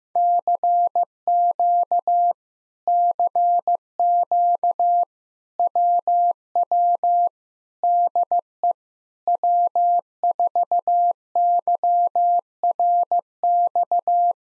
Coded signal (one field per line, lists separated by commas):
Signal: Morse code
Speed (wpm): 15 wpm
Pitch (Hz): 700 Hz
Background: none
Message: CQ CQ WW DE W4YRX